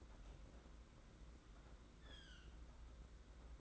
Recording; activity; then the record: daily activity, microphone in the room; open fridge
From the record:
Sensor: 3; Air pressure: 991.8 hPa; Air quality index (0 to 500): 215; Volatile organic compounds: 1000 ppm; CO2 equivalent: 7358 ppm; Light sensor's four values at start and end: 32/94/38/32 and 32/94/38/32